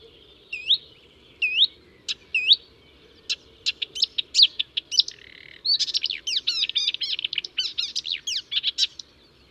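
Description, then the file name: Marsh Warbler song: three hooked whistled notes, then varied clicks and buzzes building into a fast, dense chatter of mixed high notes. "suara kicauan burung marsh warbler. omkicau"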